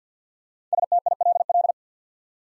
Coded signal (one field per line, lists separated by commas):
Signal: Morse code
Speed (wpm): 48 wpm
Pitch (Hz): 700 Hz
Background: none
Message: STILL